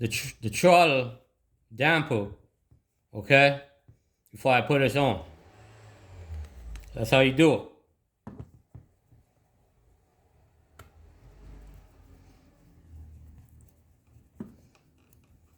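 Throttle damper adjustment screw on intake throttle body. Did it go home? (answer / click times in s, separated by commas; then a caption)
no / none. On a Ford Focus intake throttle body, the throttle damper adjustment screw is turned with an Allen wrench to set it back to its original setting. Someone talks over the first half, followed by a quieter stretch of several small, faint ticks and taps. The part has not been put on, and nothing has seated or clicked yet.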